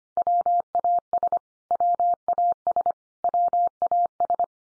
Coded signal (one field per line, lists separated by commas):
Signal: Morse code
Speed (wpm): 25 wpm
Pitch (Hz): 700 Hz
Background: none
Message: WAS WAS WAS